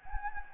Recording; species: mosquito wingbeat signal from an infrared sensor; Anopheles gambiae